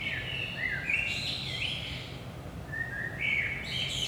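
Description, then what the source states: Common blackbird song: a flowing whistled phrase sliding down and up, then after a gap a second phrase rising into thin high twitters, low hum underneath. Recorded in Saint-Gilles, Belgium, early morning at 5 am; DPA 4060 microphones in AB position into a Zoom F3 recorder.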